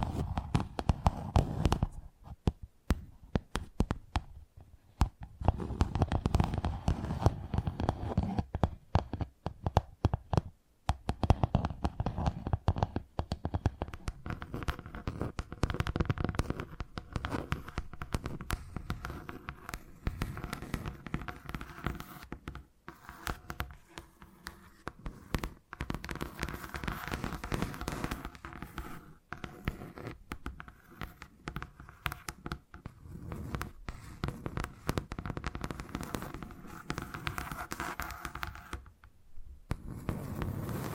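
Tingly tapping sounds run through the whole recording as a dense, uneven stream of quick taps and clicks, with no steady rhythm. The taps carry a low, thudding body and crisp bright edges. Brief silent gaps fall near 2, 5, 10 and 39 seconds.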